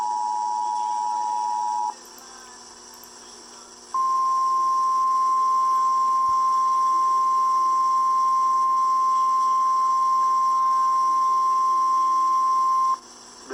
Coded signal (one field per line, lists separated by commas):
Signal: Emergency Alert System (SAME) tones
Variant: 853 and 960 Hz attention tone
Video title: EAS 1255 TOR NWS Amarillo